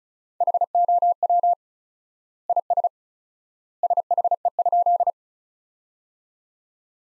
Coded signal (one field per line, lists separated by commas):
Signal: Morse code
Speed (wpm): 36 wpm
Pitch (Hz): 700 Hz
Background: none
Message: HOW IS SHE?